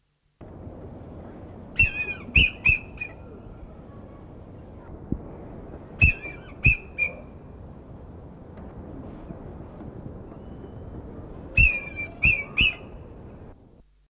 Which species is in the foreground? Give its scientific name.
Milvus migrans